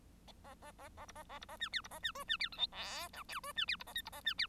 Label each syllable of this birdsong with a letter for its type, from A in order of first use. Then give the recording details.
A A A A A B A A B A C D B A C E C D F G H I J E C D B A K B A C D. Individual Bird1